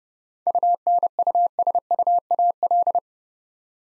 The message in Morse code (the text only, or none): UNUSUAL